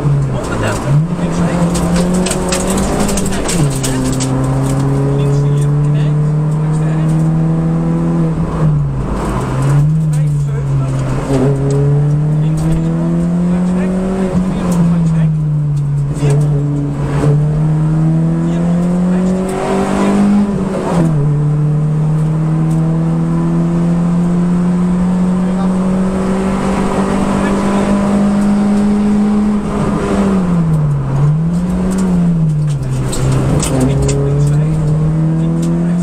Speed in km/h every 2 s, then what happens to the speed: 74, 79, 91, 102, 69, 62, 80, 62, 66, 85, 94, 105, 115, 124, 127, 85, 56, 75.
0-6 speeds up to 102. 6-9 brakes to 62. 9-12 speeds up to 80. 12-15 brakes to 62. 15-27 speeds up to 127. 28-31 brakes to 56.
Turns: none.